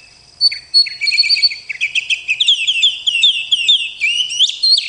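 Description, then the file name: Oriental magpie-robin song: rolling series of quick repeated whistled notes, building into a fast varied chatter with swooping high whistles. Tutoring (masteran) song in a rolling style (ngerol). "kacer masteran ngerol"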